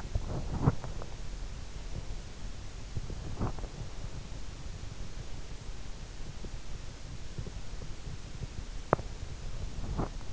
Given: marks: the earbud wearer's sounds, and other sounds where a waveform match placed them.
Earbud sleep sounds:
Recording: sounds in sleep by an in-ear microphone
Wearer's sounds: teeth grinding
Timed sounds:
0.00-1.24 s: teeth grinding
8.73-10.33 s: teeth grinding

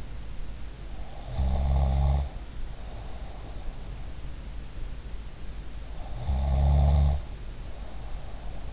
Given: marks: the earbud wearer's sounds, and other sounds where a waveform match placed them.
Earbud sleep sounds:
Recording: sounds in sleep by an in-ear microphone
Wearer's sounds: snoring breath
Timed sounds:
0.95-3.81 s: snoring breath
5.89-8.73 s: snoring breath

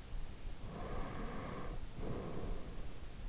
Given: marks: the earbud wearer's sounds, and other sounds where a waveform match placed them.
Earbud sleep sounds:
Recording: sounds in sleep by an in-ear microphone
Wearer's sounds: breath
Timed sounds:
0.13-3.08 s: breath

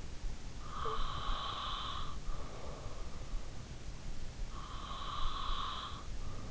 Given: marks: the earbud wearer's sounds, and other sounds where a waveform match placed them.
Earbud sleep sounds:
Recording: sounds in sleep by an in-ear microphone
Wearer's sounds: breath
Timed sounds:
0.11-2.91 s: breath
4.34-6.51 s: breath

